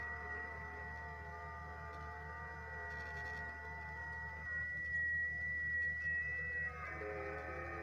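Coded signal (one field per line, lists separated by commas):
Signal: FT8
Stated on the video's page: FT8 on a portable go-box station with a multiband vertical antenna for 20/17/15/12/10 meters, run during a power outage.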